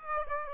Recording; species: mosquito wingbeat signal from an infrared sensor; Aedes aegypti